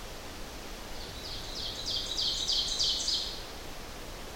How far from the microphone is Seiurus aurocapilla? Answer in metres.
about 50 m